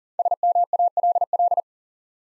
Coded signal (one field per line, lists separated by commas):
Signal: Morse code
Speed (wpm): 38 wpm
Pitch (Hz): 700 Hz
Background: none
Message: SMALL